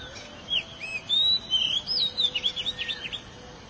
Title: Suara Kicauan Burung Kacer Durasi Panjang